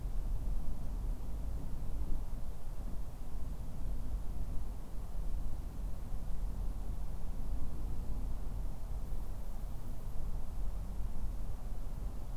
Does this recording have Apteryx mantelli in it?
no